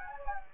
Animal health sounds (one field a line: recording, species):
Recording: mosquito wingbeat signal from an infrared sensor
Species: Anopheles gambiae